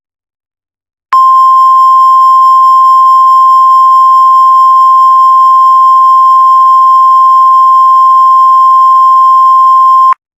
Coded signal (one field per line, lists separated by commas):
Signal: Emergency Alert System (SAME) tones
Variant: 1050 Hz attention tone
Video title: The Los Angeles Storm EAS scenario